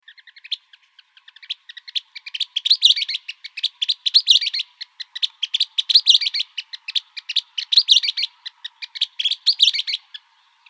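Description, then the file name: Western kingbird calling: sharp clicking kip notes build into squeaky, bickering twittered bursts, repeated every second or two. Arizona. "WEKI 3 B deviche"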